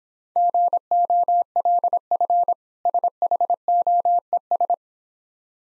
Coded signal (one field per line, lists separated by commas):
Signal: Morse code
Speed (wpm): 26 wpm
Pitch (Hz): 700 Hz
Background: none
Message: GOLF SHOES